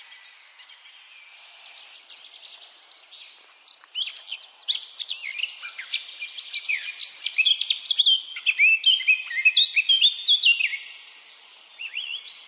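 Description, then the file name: Eurasian blackcap singing a long, tumbling warble of quick scratchy and clear notes that builds in loudness, then falls quiet near the end. "Sylvia atricapilla"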